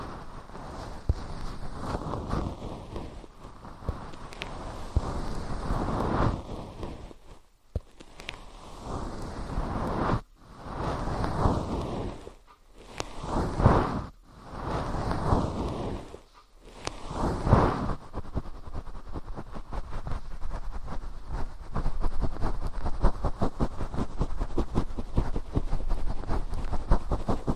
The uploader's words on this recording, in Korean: 솜털 귀청소 동시에 (인트로 수다 X).